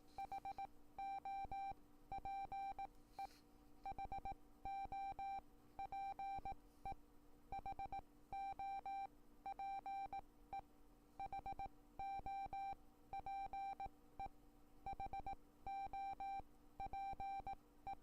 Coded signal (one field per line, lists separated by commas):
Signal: Morse code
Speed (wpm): 18 wpm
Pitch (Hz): 790 Hz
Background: music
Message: HOPE HOPE HOPE HOPE HOPE